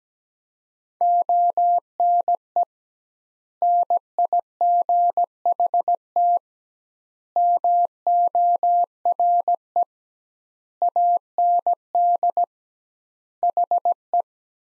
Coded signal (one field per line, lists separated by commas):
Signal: Morse code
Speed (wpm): 17 wpm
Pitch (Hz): 700 Hz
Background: none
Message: ONE NIGHT MORE AND HE